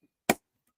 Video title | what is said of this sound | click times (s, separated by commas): RC Pilots Lounge | listen for the Click | 0.3 s